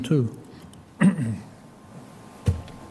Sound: clears throat